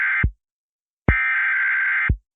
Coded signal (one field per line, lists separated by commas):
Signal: Emergency Alert System (SAME) tones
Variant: header bursts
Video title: EAS Recreation Mock 12-31-24: New Years Storms